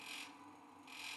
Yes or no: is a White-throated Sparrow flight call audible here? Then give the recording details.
no. No flight call is heard. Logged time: 03:39 on 5 December 2014